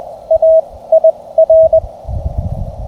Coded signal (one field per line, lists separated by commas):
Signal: Morse code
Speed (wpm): 21 wpm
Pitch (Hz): 660 Hz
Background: radio noise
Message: A IR